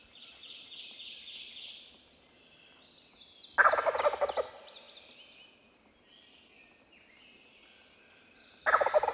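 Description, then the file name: Wild turkey gobbling: a loud rattling gobble midway, then a second one starting at the very end, over a steady chorus of high, whistling songbirds. "Wild Turkey - Meleagris gallopavo"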